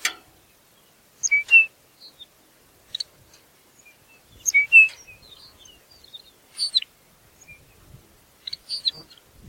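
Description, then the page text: Lapland longspur calls: short paired whistled notes with sharp higher ticks, given in several loose bursts. "Ryan P. O'Donnell - Лапландский подорожник (Calcarius lapponicus)"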